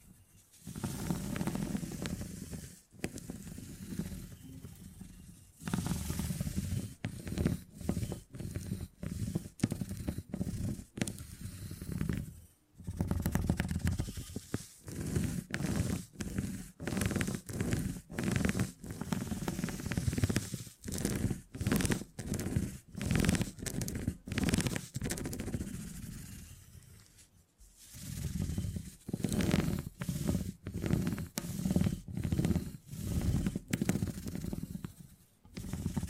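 Beeswax is squished, rubbed and scraped in dense, crackly waves of sticky texture, heavy in the low-middle range with a faint hiss above. The handling comes in bursts broken by short gaps, with longer pauses near 3, 5, 13 and 27 seconds.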